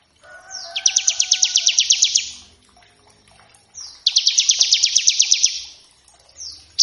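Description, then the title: Bar-winged prinia song: loud, rapid rattling trills of about a dozen high pulses, each lasting over a second, repeated after brief pauses. Lure and training recording to make birds sing, featuring a lively ciblek singing in a varied 'ngebren' style. "Masteran Ciblek Gacor Vs Kenari Gacor Untuk Masteran Semua Jenis Burung. Ciblek ngebren variasi masteran & pancingan ciblek. Burung Ciblek"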